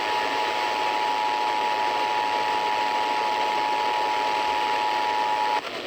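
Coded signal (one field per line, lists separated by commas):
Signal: Emergency Alert System (SAME) tones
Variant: 853 and 960 Hz attention tone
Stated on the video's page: Severe thunderstorm warning SAME tones relayed on radio station.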